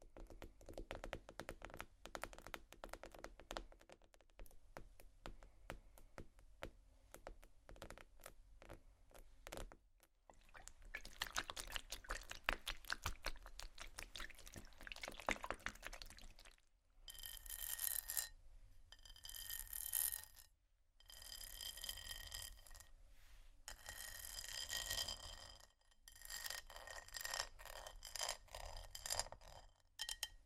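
Dense tapping and scratching on bamboo and glass runs in uneven bursts, with brighter, sharper rattling stretches after about seventeen seconds.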